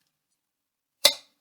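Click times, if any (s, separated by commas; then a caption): 1.1 s. A butter knife is wedged under the edge of a pickle jar's metal screw lid and twisted. After about a second of near silence, the vacuum seal breaks with a single sharp, bright pop at 1.1 s that fades within a quarter second. The lid is released and the jar can now open.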